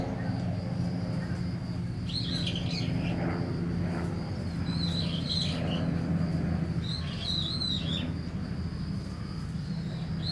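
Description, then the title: Starling song in short bursts of chirpy, squeaky notes every few seconds over a steady high cricket trill and a low rumble of traffic. Singing in a tree in Kiyosumi garden, Tokyo, Japan; crickets and cars also present; binaural recording with DPA 4060 microphones in a bag and a Deity PR-2. "Kiyosumi garden, Tokyo, Japon - Starling in a tree"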